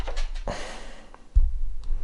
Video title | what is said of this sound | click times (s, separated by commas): Bafang BBSHD 1000w Mid Drive Kit 48v Ebike Motor Conversion Unboxing Complete Contents BBS03 | and push it until it snaps | 0.5 s